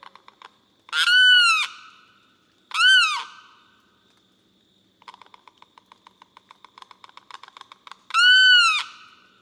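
Limpkin wailing with loud arched cries, three of them, with a run of soft rapid clicking notes before the third.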